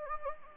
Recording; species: mosquito wingbeat signal from an infrared sensor; Anopheles gambiae